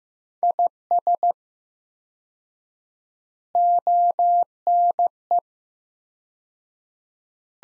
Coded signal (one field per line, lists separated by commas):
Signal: Morse code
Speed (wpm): 15 wpm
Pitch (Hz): 700 Hz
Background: none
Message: IS ONE